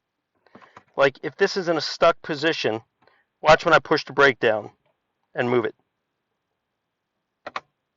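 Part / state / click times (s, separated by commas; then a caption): shifter lock linked to the brake pedal / released / 7.6 s. Someone talks about a shifter stuck in position, then pushes the brake pedal down and moves the shifter. The brake-linked shift interlock releases with a sharp double click near 7.5 seconds, the main click at 7.6 seconds, and the shifter comes free.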